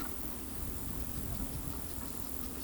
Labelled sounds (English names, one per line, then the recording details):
none
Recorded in pastures near Pivijay, Magdalena, Colombia, on 3 June 2023 at 18:00
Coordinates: 10.456, -74.369
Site P6-G026